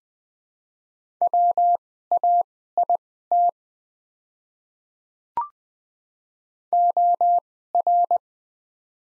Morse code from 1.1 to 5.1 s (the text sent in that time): WAIT